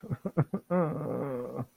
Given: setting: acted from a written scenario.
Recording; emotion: vocal sound without words; distress